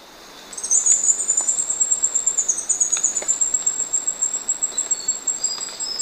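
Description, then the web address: Indigo flowerpiercer song, a thin, very high trill that wavers slightly in pitch and runs on unbroken for about five seconds. Recorded in Ecuador. "Natures Songs S America Birds of Ecuador Indigo Flowerpiercer"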